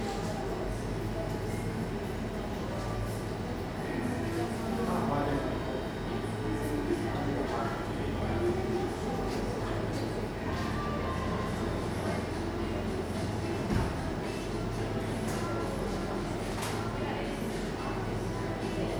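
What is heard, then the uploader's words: A busy coffee shop hums with a steady, dense blend of overlapping voices and a low, rumbling background that stays constant throughout. Occasional clinks and sharp taps of cups and dishes stand out, with one louder knock near the fourteenth second. Coffee shop.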